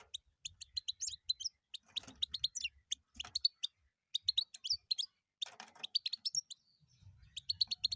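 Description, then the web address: European goldfinch song, rapid bursts of bright twittering and tinkling chirps in quick runs, with brief pauses between phrases and faint low rumble beneath. "penie schegla"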